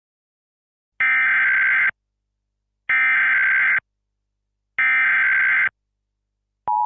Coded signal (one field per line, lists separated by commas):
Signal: Emergency Alert System (SAME) tones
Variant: header bursts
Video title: EAS Scenario #5: Goo Goo Gaga Meme Outbreak - An EAS Mega Scenario